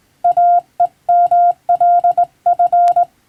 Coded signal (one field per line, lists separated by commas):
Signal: Morse code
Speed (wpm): 20 wpm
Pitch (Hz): 700 Hz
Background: none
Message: AEMLF